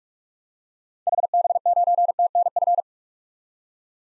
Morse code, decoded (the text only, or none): HB9TNF